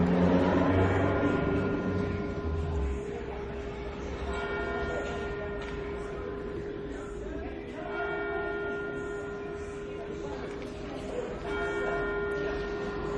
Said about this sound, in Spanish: qué lindo el sonido de las campanas de la iglesia, me dan ganas de ir a rezar.